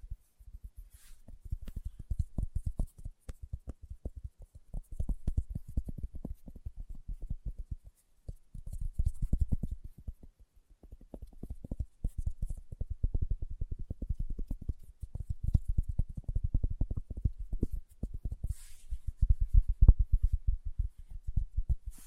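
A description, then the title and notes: Fingertips tap in quick, soft runs, each hit a dull low knock with little brightness. The tapping comes in bursts of a couple of seconds separated by short pauses, with a clear gap near eight seconds, and faint hissy swishes occasionally rise above it. ASMR Tapping with Fingertips (No Talking).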